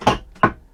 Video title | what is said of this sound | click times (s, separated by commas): Motorhome/Caravan Toilet-EVERYTHING you Need To Know | and it feels like it locks into place | 0.4 s